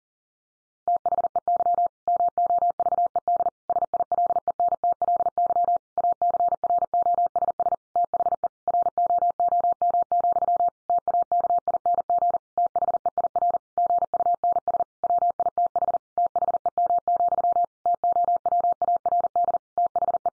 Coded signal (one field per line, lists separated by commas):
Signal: Morse code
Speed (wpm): 40 wpm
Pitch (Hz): 700 Hz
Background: none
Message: THEY MOVED SILENTLY ACROSS THE ROOM, TAKING THEIR GUNS WITH THEM, TOWARD THE